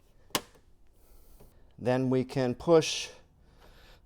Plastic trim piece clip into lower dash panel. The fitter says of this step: and then push along here snaps into place on the side